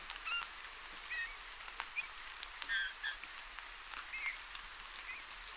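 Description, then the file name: Eurasian bullfinch calls: soft, short piping whistles given several times over steady rain-like patter and crackle. "Pyrrhula pyrrhula"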